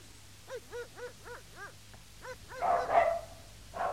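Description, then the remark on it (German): A quick series of short, yelping dog barks repeats at a steady pace, then breaks into a louder, rougher burst of barking and noise toward the end. “Was wollen die Hunde?”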